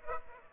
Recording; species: mosquito wingbeat signal from an infrared sensor; Aedes aegypti